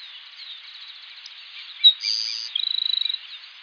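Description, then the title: Grassland sparrow song: a sharp note, a thin buzzy held tone, then a fast dry trill of about a dozen pulses, over a faint insect hiss. "LuckyPassaro Completos2Sama. Grassland Sparrow (Ammodramus humeralis)"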